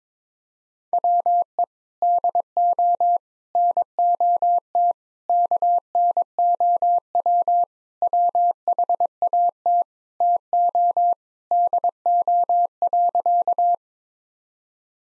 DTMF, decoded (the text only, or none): none